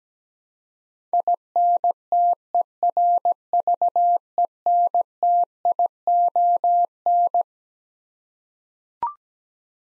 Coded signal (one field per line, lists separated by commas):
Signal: Morse code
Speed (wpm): 17 wpm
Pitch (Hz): 700 Hz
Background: none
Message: INTERVENTION